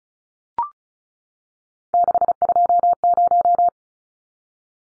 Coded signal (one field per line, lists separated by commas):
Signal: Morse code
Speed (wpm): 34 wpm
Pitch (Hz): 700 Hz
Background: none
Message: 620